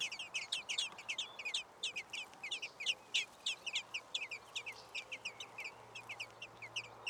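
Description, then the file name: Common blackbird calling with a fast run of sharp, clipped notes, kept up steadily from start to finish. "Turdus merula"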